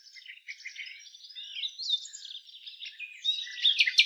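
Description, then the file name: Common nightingale song: a continuous stream of varied warbled and slurred notes that grows louder, ending in sharp, emphatic high notes. "Luscinia megarhynchos"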